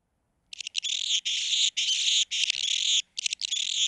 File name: Anna's Hummingbird